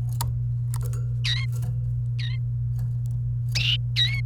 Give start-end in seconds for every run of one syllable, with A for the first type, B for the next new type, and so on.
1.24-1.45 A, 2.19-2.36 A, 3.96-4.20 A